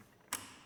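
A plastic touch-protection cover module is pushed slightly downward onto the copper busbar system in an electrical cabinet. It snaps into place with a single sharp, bright click at 0.3 s, followed by a short fading ring over low background noise. The cover is seated, and it engaged smoothly and without difficulty.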